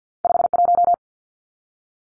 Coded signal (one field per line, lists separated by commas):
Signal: Morse code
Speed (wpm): 50 wpm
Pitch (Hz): 700 Hz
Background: none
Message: 51